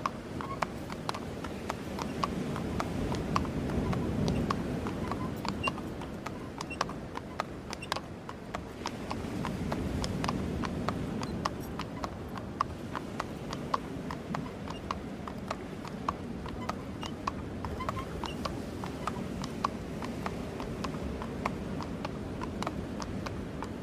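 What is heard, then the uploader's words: A horse-drawn wagon rolls along at a steady walk, hooves clip-clopping in a regular, unhurried rhythm throughout. Beneath the hoofbeats runs a low, continuous rumble of wheels on the road, swelling slightly around five and ten seconds before settling back. A simple wagon takes them up and down the coast to their respective homes.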